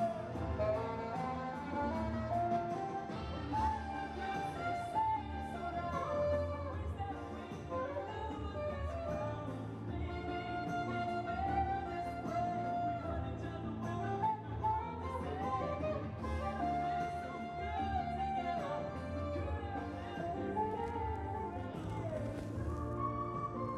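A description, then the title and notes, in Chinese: A saxophone plays a continuous, melodic solo in a subway station, its bright notes ringing over a steady low rumble in a reverberant hall. 纽约地铁站里的萨克斯独奏。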